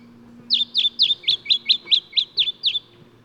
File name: Microeca Flavigaster